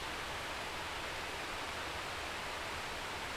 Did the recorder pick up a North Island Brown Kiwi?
no